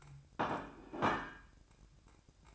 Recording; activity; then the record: daily activity, microphone in the room; place plate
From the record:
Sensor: 2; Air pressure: 1007.4 hPa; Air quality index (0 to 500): 40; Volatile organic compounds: 1 ppm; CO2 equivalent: 542 ppm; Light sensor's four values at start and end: 6/15/6/6 and 6/15/6/6